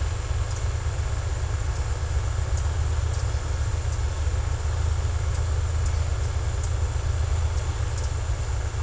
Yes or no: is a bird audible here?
no